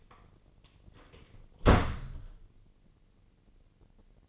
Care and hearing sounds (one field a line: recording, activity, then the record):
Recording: daily activity, microphone in the room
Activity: close door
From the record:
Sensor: 4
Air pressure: 1013.2 hPa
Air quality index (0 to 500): 177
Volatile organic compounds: 2 ppm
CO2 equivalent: 1116 ppm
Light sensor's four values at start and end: 92/231/95/101 and 70/170/72/72